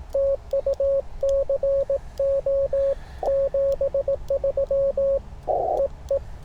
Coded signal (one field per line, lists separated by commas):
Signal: Morse code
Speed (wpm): 18 wpm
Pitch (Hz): 550 Hz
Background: radio noise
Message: TU CO 73 EE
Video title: Sharing CW POTA with a friend! #parksontheair #hamradio